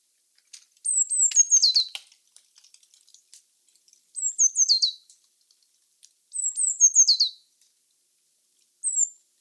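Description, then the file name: Eurasian blue tit with three quick descending call phrases and the start of a fourth, accompanied by scattered soft clicks and ticks. "Cyanistes caeruleus"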